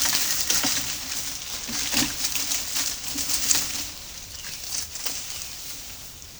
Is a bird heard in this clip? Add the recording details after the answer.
no. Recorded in pastures near Puerto Asís, Putumayo, Colombia, on 21 March 2025 at 11:00. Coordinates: 0.497, -76.327. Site G072